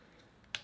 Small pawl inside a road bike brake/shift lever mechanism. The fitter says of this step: So you have to push this little tiny thing back in, and then it clicks.